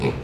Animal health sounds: contact call of a hoofed animal; pig; closed-mouth grunt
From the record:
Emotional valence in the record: positive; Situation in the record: food and toys in familiar pen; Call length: 0.24 s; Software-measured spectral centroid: 1750 Hz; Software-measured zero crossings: 1090 a second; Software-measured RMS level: -24 dBFS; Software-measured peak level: -10 dBFS

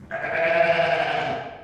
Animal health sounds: contact call of a hoofed animal; sheep; low-frequency (closed-mouth) or high-frequency (open-mouth) call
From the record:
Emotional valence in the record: negative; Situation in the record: short social isolation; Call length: 1.64 s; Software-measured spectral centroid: 1730 Hz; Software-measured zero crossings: 2110 a second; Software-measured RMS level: -23 dBFS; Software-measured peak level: -7 dBFS

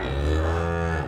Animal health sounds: contact call of a hoofed animal; cattle; low-frequency (closed-mouth) or high-frequency (open-mouth) call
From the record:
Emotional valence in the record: negative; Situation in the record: full separation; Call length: 1.08 s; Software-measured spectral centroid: 1520 Hz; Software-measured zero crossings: 1040 a second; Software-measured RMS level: -24 dBFS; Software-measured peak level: -11 dBFS

